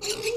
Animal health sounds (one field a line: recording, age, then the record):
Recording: pig call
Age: weaner (32 to 43 days)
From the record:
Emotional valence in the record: negative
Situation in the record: short isolation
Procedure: open field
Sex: female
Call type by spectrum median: low-frequency call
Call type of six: high-frequency stable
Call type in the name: high-frequency stable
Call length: 0.37 s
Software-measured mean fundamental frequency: 383 Hz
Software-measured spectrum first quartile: 452 Hz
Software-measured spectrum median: 2039 Hz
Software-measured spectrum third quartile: 4800 Hz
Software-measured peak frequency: 442 Hz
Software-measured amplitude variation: 167 dB a second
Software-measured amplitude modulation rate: 20.5 a second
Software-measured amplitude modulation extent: 8.1 dB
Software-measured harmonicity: 5.8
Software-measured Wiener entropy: -2.41